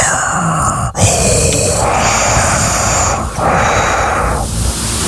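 Sleeping adult. Loud, heavy nasal breathing during sleep with the mouth closed. It is not a snore and is entirely through the nose, with a Darth Vader-like, echoey, vacuum-cleaner-like quality.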